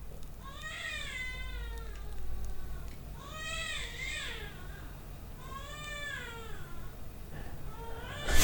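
Three drawn-out, high-pitched wails rising and falling in pitch, an infant crying in the background.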